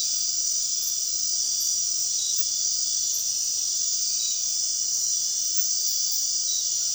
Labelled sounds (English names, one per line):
none